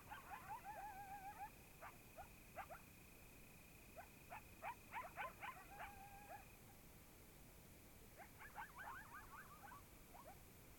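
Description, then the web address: Coyote group giving bursts of yips and brief howls, with pauses between bouts, then another ragged yipping bout. Several coyotes recorded in Oregon in 2015. "Discover Oregon - Coyotes Coyotes 2015 Medlock Loudest Quiet Coyotes"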